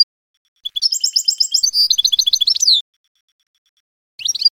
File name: Canary Voice